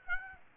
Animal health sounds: mosquito wingbeat signal from an infrared sensor; Aedes aegypti

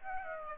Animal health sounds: mosquito wingbeat signal from an infrared sensor; Aedes aegypti

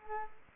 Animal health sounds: mosquito wingbeat signal from an infrared sensor; Culex quinquefasciatus

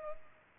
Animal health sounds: mosquito wingbeat signal from an infrared sensor; Culex pipiens

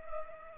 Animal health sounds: mosquito wingbeat signal from an infrared sensor; Culex pipiens

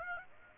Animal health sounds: mosquito wingbeat signal from an infrared sensor; Aedes aegypti

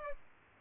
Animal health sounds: mosquito wingbeat signal from an infrared sensor; Aedes albopictus

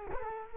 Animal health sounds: mosquito wingbeat signal from an infrared sensor; Culex quinquefasciatus

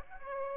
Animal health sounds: mosquito wingbeat signal from an infrared sensor; Aedes aegypti

